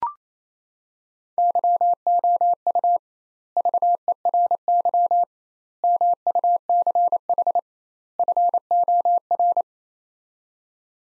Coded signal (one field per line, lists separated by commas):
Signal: Morse code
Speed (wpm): 28 wpm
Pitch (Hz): 700 Hz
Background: none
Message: YOU VERY MUCH FOR